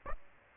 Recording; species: mosquito wingbeat signal from an infrared sensor; Aedes aegypti